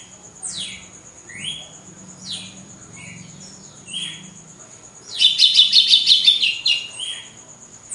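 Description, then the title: Red-cowled cardinal singing: downslurred whistled notes sweeping from high to lower pitch, then a fast buzzy trill near the end, with a steady high tone throughout. Female, singing after the moult, in a song contest (disputa). "Canto Galo Campina Fêmea. GALO DE CAMPINA DEPOIS DA MUDA (disputa)"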